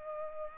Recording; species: mosquito wingbeat signal from an infrared sensor; Culex pipiens